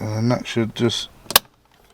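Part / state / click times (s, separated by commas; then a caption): yellow airbag connector plug into the steering wheel socket / seated / 1.4 s. Someone talks while the yellow airbag connector plug is pushed into its socket on a custom steering wheel being fitted to an Audi TT mk2, with the clasp pulled forward. A sharp plastic click is heard at 1.4 seconds as the plug locks home and seats, followed by near silence.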